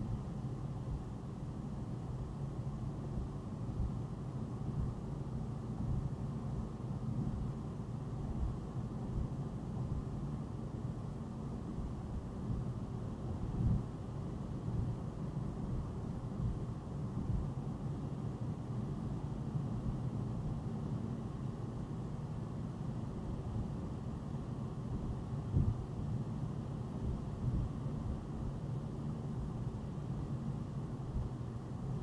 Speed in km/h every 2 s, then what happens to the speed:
90, 90, 92, 93, 95, 97, 97, 95, 95, 95, 95, 97, 95, 95, 93, 95.
0-10 speeds up to 97. 10-32 steady at about 95.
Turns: none.